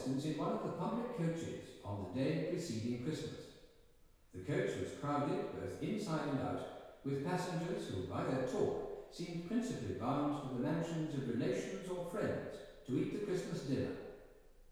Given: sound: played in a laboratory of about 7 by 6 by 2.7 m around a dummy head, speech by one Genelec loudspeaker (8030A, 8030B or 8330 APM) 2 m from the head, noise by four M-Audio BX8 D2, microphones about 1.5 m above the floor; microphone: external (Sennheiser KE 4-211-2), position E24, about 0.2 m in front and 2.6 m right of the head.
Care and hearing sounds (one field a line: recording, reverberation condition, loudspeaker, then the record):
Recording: male speech in English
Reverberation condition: high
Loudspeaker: 30 degrees to the right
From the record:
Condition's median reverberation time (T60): about 1300 ms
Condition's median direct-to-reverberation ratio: about -4.0 dB